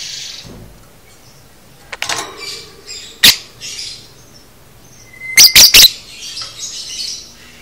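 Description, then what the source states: Lovebird giving a few sharp, piercing shrieks, one single and then a quick cluster of three, with faint high chatter between them. Masteran (tutor) recording for training cage birds, aimed at 'paud' lovebirds.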